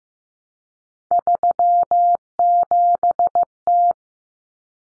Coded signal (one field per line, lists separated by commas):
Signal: Morse code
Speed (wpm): 15 wpm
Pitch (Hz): 700 Hz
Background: none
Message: 37T